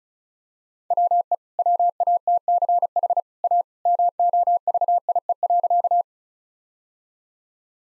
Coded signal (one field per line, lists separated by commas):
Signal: Morse code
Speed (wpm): 36 wpm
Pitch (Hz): 700 Hz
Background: none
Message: WE WATCH A MOVIE.